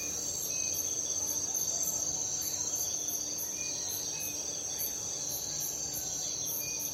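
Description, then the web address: Crickets chirp in quick, repeated high pulses above a continuous buzzing trill. At night. "the sound pack tree. night crickets and birds"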